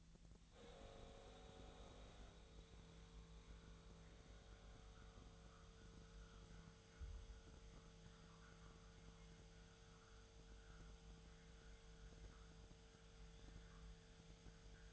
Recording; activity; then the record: daily activity, microphone in the room; make coffee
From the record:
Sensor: 3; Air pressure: 1009.4 hPa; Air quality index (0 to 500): 197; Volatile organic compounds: 16 ppm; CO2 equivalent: 2561 ppm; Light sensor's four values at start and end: 33/84/35/38 and 34/84/36/38